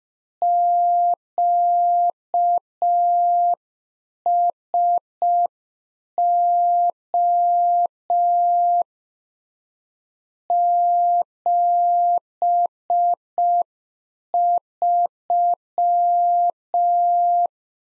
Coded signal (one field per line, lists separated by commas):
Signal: Morse code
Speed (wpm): 5 wpm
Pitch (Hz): 700 Hz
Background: none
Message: QSO 73